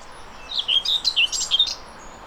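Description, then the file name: Common whitethroat song, a brief scratchy phrase of chirpy and buzzy notes lasting about a second, over faint steady background hiss. "mezei poszata hangja"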